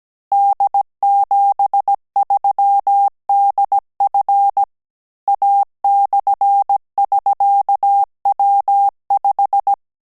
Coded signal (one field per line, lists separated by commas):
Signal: Morse code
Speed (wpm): 17 wpm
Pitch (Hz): 800 Hz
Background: none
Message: D73DF A/<SK>W5